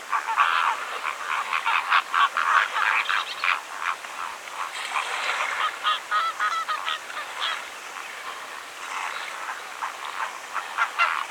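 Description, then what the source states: Greater flamingos in a noisy flock, rapid nasal honks swelling and easing in waves of overlapping gabbling. Calling, in Greece.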